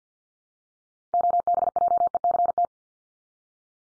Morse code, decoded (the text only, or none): OBJECT